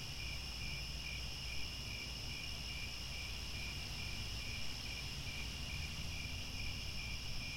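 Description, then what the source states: Crickets chirp in quick steady pulses among layered high insect trills, with low background rumble and a faint tone late on. Chorus of crickets at twilight, as the sun sets and stars come out.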